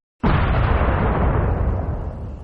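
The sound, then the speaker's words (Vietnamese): A sudden, loud explosion bursts in after a moment of silence, then rolls on as a dense, rumbling roar that slowly thins out without fully fading. “Trong nháy mắt khi cô lùi lại thì có tiếng nổ cực kỳ kinh khủng phát ra.”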